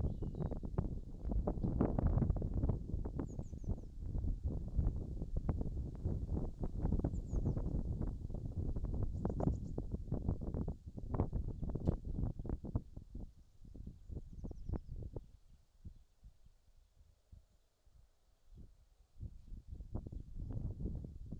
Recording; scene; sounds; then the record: everyday scene through a hearing-aid microphone; wind on the microphone; wind, birds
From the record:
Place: in front of a rural house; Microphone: in the ear canal, left